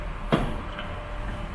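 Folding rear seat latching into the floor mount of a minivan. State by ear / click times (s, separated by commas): seated / 0.3 s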